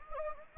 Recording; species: mosquito wingbeat signal from an infrared sensor; Anopheles gambiae